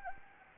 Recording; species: mosquito wingbeat signal from an infrared sensor; Anopheles gambiae